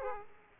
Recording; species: mosquito wingbeat signal from an infrared sensor; Aedes aegypti